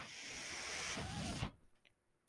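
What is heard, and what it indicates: A mechanical whooshing and whirring lasts about one and a half seconds, then cuts off: one cycle of a person's own home mechanical ventilator.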